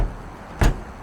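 An Armor Flex folding hard tonneau cover is pushed down snugly to close it onto the bed of a 2024 Nissan Frontier truck. After a quiet low rumble, it latches shut with a short, broad thud at 0.6 s, then the quiet rumble returns. The cover is seated, nice and tight.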